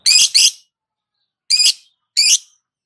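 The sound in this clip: Lovebird screeches, a harsh double call followed by two single shrill calls, each short and raspy.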